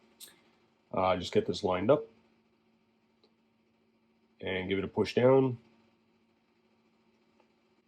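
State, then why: Not seated. Someone talks while lining up the two tabs of a plastic flight stand piece under the two slots on the underside of a Fans Toys FT-44 Thomas (Astrotrain) figure in shuttle mode, before pushing it down; the piece does not really snap in and just sits there. Between and after the speech, only faint soft ticks are heard around 3.2 s and 7.4 s. Nothing has seated or clicked yet.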